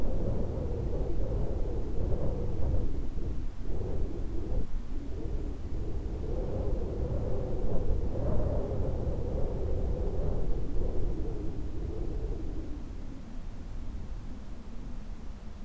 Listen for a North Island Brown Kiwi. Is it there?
no